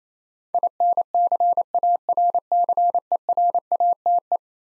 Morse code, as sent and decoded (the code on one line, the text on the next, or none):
.. -. -.-. .- .-. -.-. . .-. .- - .
INCARCERATE